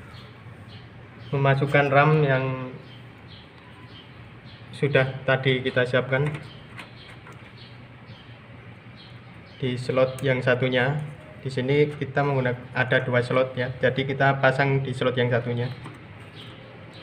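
A prepared RAM module is being lined up with the second memory slot on a motherboard, before being pressed home. Someone talks in several bursts with quiet gaps between them. Nothing has seated or clicked yet.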